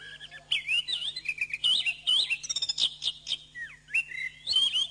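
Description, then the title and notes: Bird song of slurred whistles and quick chirp series, starting softly then louder, with a faint constant hum in the background. Masteran birdsong training recording. "MASTERAN BURUNG. suarane manok"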